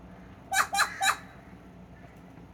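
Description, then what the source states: Crow giving three short, high-pitched barking calls in quick succession, each a harsh nasal bark, then quiet background. Three crows sitting in a sumac tree; one crow gives a call that sounds like high-pitched barking.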